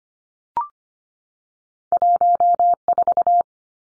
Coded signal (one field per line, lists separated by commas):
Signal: Morse code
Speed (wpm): 25 wpm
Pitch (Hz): 700 Hz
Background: none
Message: 14